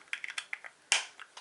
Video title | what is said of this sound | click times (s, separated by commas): full face using a lot of new makeup my first impressed of all of it | so gotta be make sure that when you do put this on you hear that little click | 0.9 s